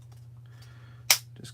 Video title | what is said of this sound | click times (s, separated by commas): Workbench Live! Funko Pop Grogu Jedi Seeing Stone conversion to Black Series Diorama | it just clicks back in place | 1.1 s